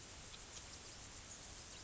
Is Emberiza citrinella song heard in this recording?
no